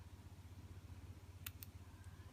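A plastic locking stitch marker is clipped onto the first single crochet stitch. Two short, sharp clicks at 1.5 s and 1.6 s mark the clasp snapping closed over a steady low hum.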